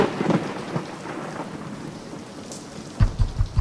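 Steady heavy rain hisses throughout, with low rumbling thunder swelling early on and a series of deep, rolling booms near the end. No voices are heard.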